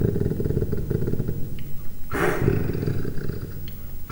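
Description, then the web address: Leopard growling in a steady, rough low rumble, interrupted midway by a sharp breathy hiss or snort. Three-month-old leopard cub growling, captive at a zoo in Miskolc, 2009, recorded from a few centimetres away. "miskolcizoo 2009 standardt leopard"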